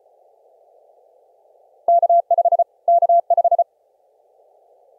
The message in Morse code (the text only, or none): K5 K5